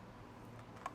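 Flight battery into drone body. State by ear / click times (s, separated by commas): seated / 0.9 s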